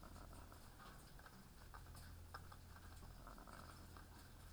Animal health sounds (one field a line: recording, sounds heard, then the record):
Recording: poultry house recording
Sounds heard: sick chickens (respiratory disease)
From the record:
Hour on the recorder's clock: 16